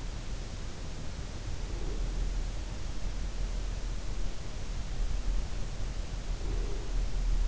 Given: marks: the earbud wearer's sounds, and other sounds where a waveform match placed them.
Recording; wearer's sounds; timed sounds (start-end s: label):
sounds in sleep by an in-ear microphone; breath
1.57-2.54 s: breath
6.32-7.48 s: breath